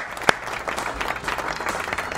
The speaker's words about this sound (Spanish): le vamos a dar un fuerte aplauso al señor Micael Laco